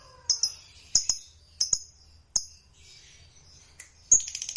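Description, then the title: Lovebird giving sharp, high chirps with clicky onsets, spaced irregularly, some doubled, ending in a fast buzzy run of notes. Lovebird singing with spontaneous excitement, meant to rouse a lazy, quiet lovebird into song. "LOVEBIRD Malas Bunyi JADI GREGET SPONTAN Langsung NARIK"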